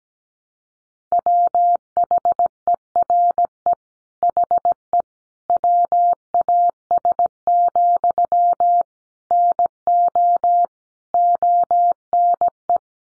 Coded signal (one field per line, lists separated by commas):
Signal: Morse code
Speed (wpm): 17 wpm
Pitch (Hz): 700 Hz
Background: none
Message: WHERE HE WAS, NO ONE